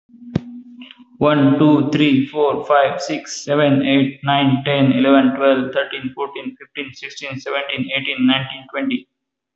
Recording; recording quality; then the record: counting at a fast pace; excellent, no background noise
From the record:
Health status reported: healthy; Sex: male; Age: 21 years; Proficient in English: yes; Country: India